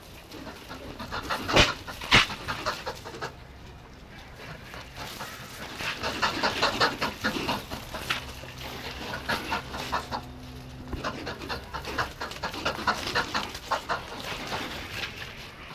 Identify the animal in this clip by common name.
Indian Crested Porcupine